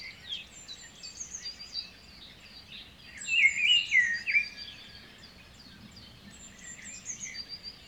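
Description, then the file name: Bird chorus of high thin chirps and whistles, one bird giving a louder warbling phrase midway, steady low noise beneath. Birds singing in the morning. "birds singing in the morning nature sound"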